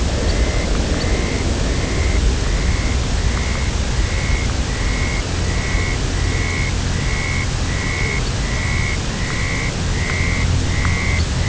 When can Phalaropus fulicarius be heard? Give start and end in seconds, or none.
0.23-0.38, 0.94-1.05, 8.22-8.32, 11.14-11.24